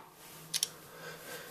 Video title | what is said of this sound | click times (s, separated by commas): Ipad 2 Review | you hear a click that means it locked | 0.6 s